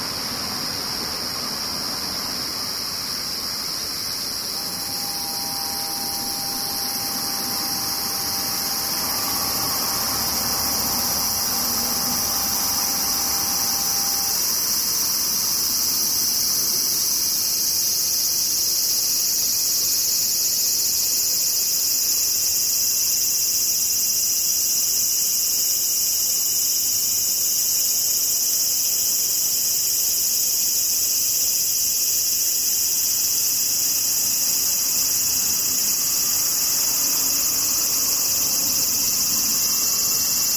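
Cicadas drone without a break for the whole clip, a dense, bright, high-pitched buzz that holds steady and grows slightly louder after about ten seconds. A faint thin whistle-like tone sits underneath from roughly five to fourteen seconds, then fades out.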